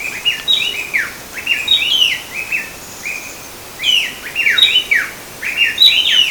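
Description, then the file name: Long-billed wrens giving two bouts of fast, overlapping whistled phrases, separated by a brief pause, the notes sweeping downward and ringing clearly. Three birds; Bertioga, São Paulo state, Brazil; recorded 17-8-12. "Thryothorus-longirostris-3 birds-Bertioga-SP-Brazil-17-8-12-ASilveira"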